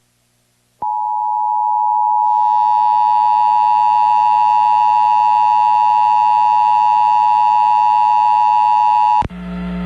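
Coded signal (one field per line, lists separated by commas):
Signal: Emergency Alert System (SAME) tones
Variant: 853 and 960 Hz attention tone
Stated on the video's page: Required Monthly Test EAS tones broadcast on an FM station in Anchorage, Alaska.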